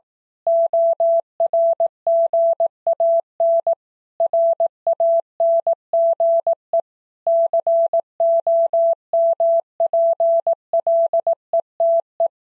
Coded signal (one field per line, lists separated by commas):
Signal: Morse code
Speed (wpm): 18 wpm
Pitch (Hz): 670 Hz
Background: none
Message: ORGAN RANGE COMPLETE